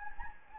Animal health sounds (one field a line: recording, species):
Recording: mosquito wingbeat signal from an infrared sensor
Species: Anopheles gambiae